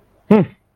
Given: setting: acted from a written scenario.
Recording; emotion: vocal sound without words; anger